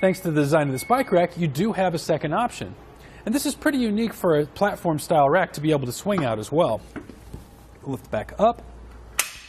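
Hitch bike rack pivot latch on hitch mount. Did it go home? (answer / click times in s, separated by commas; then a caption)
yes / 9.2 s. Someone talks for most of the clip about the RockyMounts BackStage platform-style hitch bike rack for two bikes on a 2018 Chrysler Pacifica. The rack is lifted back up after tilting or swinging out, and its metal pivot latch on the hitch mount locks with a single loud, sharp click at 9.2 s. The rack seats firmly back into position.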